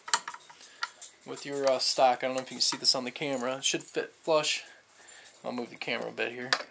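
A barrelled action is pressed down into a Mini-14 rifle stock during reassembly, giving a sharp snap at 0.1 s as it seats flush. A few smaller ticks follow, then someone talks for the rest of the clip.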